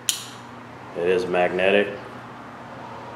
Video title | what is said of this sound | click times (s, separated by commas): Tool review of the Kobalt 227 piece tool set! | if you can hear that click but it | 0.1 s